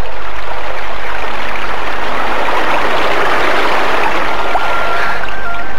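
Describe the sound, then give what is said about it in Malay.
Steady, loud rushing of flowing water from a small stream, a dense continuous wash of noise with a faint tonal whine near the end and no voices. “Wah, alangkah segarnya air sungai kecil ini.”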